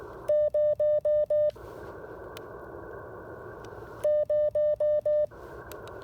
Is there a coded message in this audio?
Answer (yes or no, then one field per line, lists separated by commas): no